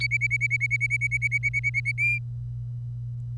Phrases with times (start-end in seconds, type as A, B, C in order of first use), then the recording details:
0.00-1.92 A, 1.98-2.18 B. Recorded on 25 April 2018 at 09:48. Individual llb3